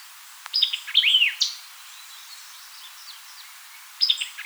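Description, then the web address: White-eyed vireo song: a quick burst of sharp, slurred, whistled notes lasting about a second, then quiet, with a second phrase starting near the end. Recorded 4 January 2007. "White-eyed Vireo 2007 01 04"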